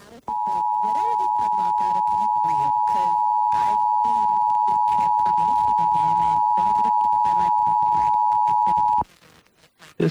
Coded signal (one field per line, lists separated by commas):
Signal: Emergency Alert System (SAME) tones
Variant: 853 and 960 Hz attention tone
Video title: EAS #909-910: 2 EAS Required Monthly Tests- Feb. 7, 2024- 12:15AM PST